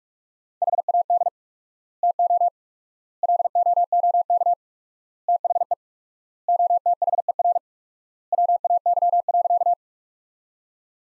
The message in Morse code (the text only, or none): HAD TO LOOK THE OTHER WAY.